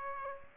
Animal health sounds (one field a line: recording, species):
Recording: mosquito wingbeat signal from an infrared sensor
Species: Aedes aegypti